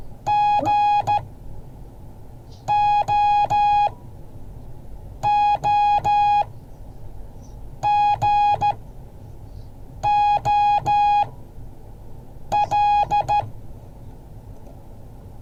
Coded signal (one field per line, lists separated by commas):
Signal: Morse code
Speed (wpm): 14 wpm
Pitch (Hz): 830 Hz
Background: music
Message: GOOGOL